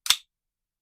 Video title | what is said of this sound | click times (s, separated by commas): Don't Buy an Airsoft Sidearm Until You See This SA320T Review | nice click as well. And it's not that big click, not that big where you can get it. | 0.1 s